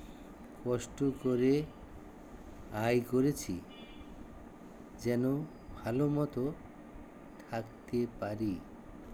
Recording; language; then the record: elicited speech; Bengali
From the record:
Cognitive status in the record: dementia